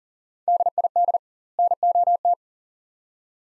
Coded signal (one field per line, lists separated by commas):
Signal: Morse code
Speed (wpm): 40 wpm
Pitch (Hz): 700 Hz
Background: none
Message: DID NOT